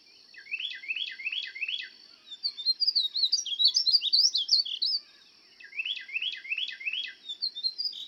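Painted Bunting song of quick, slurred high notes, beginning with evenly repeated chips, then a lively warbling run, a pause, and more repeated notes.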